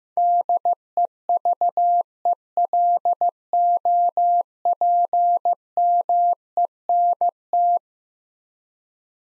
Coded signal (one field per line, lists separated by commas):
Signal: Morse code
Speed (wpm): 16 wpm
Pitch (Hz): 700 Hz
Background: none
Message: DEVELOPMENT